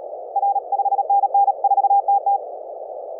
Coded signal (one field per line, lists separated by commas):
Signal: Morse code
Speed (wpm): 37 wpm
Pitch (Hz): 800 Hz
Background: none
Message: R 5NN 4TT